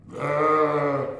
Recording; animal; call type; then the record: contact call of a hoofed animal; sheep; low-frequency (closed-mouth) or high-frequency (open-mouth) call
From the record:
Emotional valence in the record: negative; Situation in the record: short social isolation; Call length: 1.20 s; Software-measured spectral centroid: 1360 Hz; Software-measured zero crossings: 1390 a second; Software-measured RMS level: -23 dBFS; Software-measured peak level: -10 dBFS